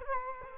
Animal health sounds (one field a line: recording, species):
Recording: mosquito wingbeat signal from an infrared sensor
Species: Culex quinquefasciatus